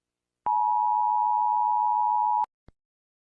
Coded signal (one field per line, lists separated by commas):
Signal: Emergency Alert System (SAME) tones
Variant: 853 and 960 Hz attention tone